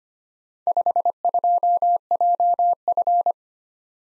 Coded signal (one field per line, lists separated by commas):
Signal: Morse code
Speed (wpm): 26 wpm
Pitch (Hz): 700 Hz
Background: none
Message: 52JF